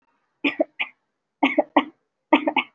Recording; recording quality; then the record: shallow voluntary cough; excellent, no background noise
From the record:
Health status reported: recovered from COVID-19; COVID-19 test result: positive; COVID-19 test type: RT-PCR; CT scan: taken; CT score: 0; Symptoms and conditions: cough, cold, breathing difficulty, sore throat, fatigue, another respiratory illness, another condition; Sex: female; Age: 25 years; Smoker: no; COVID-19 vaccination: both doses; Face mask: worn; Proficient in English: yes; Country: India